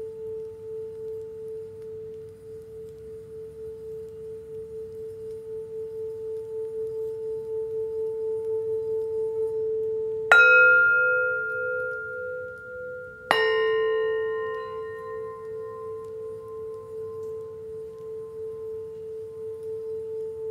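A singing bowl hums with a steady, pure mid-pitched tone that swells slowly and wavers gently throughout. Around ten seconds and again near thirteen seconds, the bowl is struck, each strike adding a bright, ringing shimmer that fades over several seconds while a faint low rumble sits underneath.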